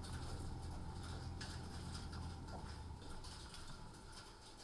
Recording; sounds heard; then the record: poultry house recording; healthy chickens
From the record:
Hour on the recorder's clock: 18